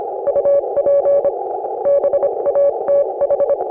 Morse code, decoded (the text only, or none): UP BATH